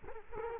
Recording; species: mosquito wingbeat signal from an infrared sensor; Culex quinquefasciatus